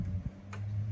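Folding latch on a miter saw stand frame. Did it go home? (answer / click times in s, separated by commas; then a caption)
yes / 0.5 s. On a metal Ridgid AC9945 miter saw stand, the lock pedal marked with a padlock and arrow is pressed down with the foot and the stand is lifted by its two handles and folded into dolly mode. Its folding latch snaps shut with a short, sharp click at 0.5 s over a steady low rumble. The latch locks, seating the stand in its collapsed position.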